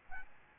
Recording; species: mosquito wingbeat signal from an infrared sensor; Aedes albopictus